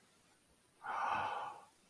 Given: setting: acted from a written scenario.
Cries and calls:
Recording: vocal sound without words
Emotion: romantic love

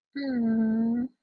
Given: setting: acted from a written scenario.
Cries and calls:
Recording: vocal sound without words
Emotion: adoration

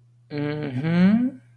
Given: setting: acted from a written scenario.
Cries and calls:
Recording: vocal sound without words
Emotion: contentment

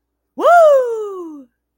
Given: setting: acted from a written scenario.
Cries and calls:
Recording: vocal sound without words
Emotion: triumph

